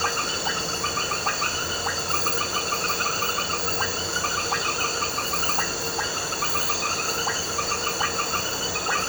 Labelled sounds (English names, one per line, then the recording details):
none
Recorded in pastures near Puerto Asís, Putumayo, Colombia, on 4 March 2025 at 22:30
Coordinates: 0.466, -76.322
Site CSA-02